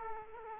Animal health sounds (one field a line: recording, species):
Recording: mosquito wingbeat signal from an infrared sensor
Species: Aedes aegypti